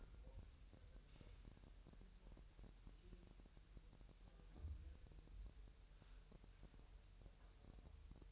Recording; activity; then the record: daily activity, microphone in the room; wipe stove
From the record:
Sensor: 2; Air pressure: 1000.7 hPa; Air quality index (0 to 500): 249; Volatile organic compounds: 99 ppm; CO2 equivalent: 3749 ppm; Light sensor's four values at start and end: 9/22/9/9 and 9/22/9/9